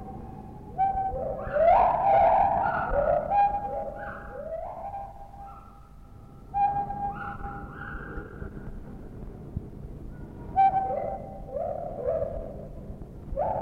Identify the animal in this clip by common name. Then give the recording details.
Lar Gibbon. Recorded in captivity. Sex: pair. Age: adult. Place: Zoo Berlin, Berlin, DE. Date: 1960-11-12 12:00. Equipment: Minifon, Kopie Smaragd. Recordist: Tembrock, Günter. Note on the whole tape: Paar: Rufreihen nach der Fütterung, sie mit dunklen Crescendo-Reihen, er mit hellen zweisilbigen Lauten einfallend, auch Triller. Innenaufnahme, daraus resultiert Hall. Abstand 6 - 8 m